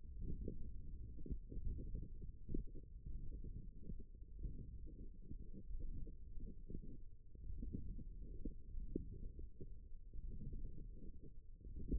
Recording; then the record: forearm muscle sounds (acoustic myography)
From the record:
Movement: thumb flexion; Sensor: system 1, eight BSWA MPA416 microphones around the upper forearm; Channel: 7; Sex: female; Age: 22 years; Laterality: right